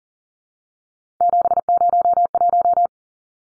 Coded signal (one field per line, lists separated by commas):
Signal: Morse code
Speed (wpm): 40 wpm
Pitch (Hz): 700 Hz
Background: none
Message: 701